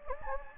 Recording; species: mosquito wingbeat signal from an infrared sensor; Anopheles gambiae